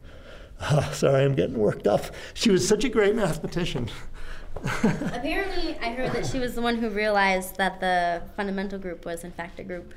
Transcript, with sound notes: Sorry, I’m getting worked up. She was such a great mathematician. [LAUGHS]
Apparently — I heard that she was the one who realized that the fundamental group was in fact a group.